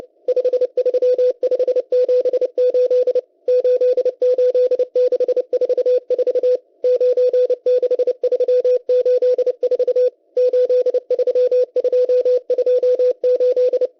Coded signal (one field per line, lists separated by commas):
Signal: Morse code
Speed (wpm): 30 wpm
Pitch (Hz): 500 Hz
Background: none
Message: 53578 88644 96384 83228